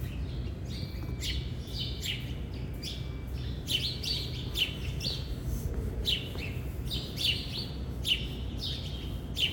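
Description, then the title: Bird chirps: short sharp notes repeated steadily over a low rumble of background noise. Birds at a train station. "Birds at the train station"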